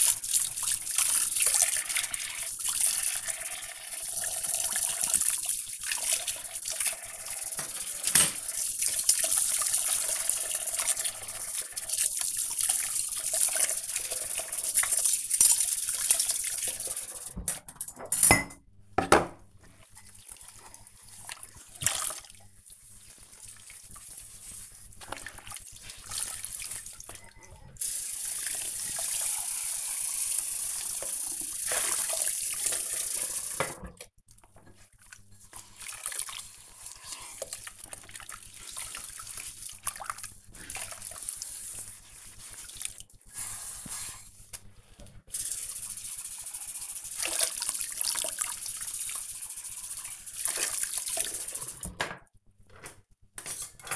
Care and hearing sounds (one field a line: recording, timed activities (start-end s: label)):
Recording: household activities, microphone on the right wrist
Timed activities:
0.00-53.96 s: washing dishes